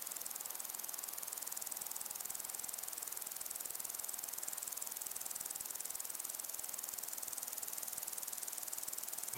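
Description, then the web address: Crickets give a dense, high pulsing chirr throughout, over a steady hiss. Crickets and other insects in long grass on a windy day. "beanstalk-audio Crickets and insects in windy long grass"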